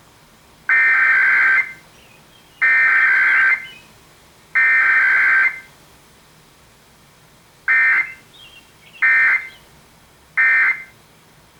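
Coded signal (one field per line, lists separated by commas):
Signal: Emergency Alert System (SAME) tones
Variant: header bursts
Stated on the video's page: Heard on an FM public radio station received more than 100 km away.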